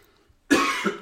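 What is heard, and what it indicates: After a half-second of near silence, an adult lets out a single harsh, rough cough that trails into a raspy throat-clearing push just before the end. The dry, scratchy cough fits an irritated throat: the throat had been feeling scratchy for a couple of days after a nap, followed by loss of voice.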